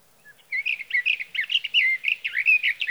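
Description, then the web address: Sage thrasher song: rapid, continuous warbling of quick whistled notes. "birdsongforthecurious songs Sage Thrasher"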